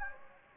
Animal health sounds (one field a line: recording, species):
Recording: mosquito wingbeat signal from an infrared sensor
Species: Anopheles gambiae